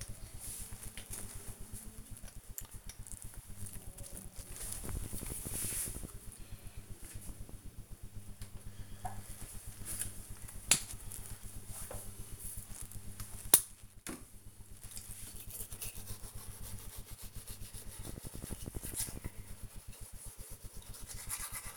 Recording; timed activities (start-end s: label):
household activities, microphone on the right wrist
7.60-21.77 s: brushing teeth